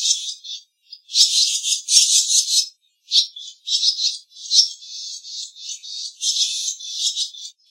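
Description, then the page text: Barn swallow twittering: almost continuous high scratchy chatter in rapid bursts with brief gaps between them. "ツバメの鳴き声"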